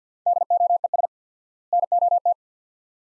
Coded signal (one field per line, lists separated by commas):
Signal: Morse code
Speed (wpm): 50 wpm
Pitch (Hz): 700 Hz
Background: none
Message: DOES NOT